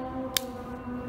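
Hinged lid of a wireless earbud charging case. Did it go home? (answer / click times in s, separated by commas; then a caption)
yes / 0.4 s. The hinged plastic lid of an Apple AirPods wireless charging case is snapped shut a second time, giving a single sharp click at 0.4 s over a steady low tonal hum. The lid seats closed, and the click confirms the case is shut.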